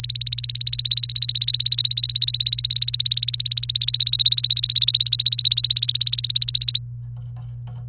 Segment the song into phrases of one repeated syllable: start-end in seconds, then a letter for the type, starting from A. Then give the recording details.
0.00-6.78 A. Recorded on 30 April 2018 at 05:43. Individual llb3